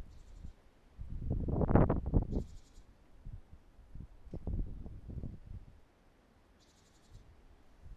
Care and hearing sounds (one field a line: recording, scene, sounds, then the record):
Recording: everyday scene through a hearing-aid microphone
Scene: wind on the microphone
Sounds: wind, traffic, birds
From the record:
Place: suburban garden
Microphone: behind the ear, right, front